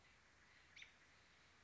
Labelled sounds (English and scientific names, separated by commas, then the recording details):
American Robin (Turdus migratorius)
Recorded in Sonoma County, California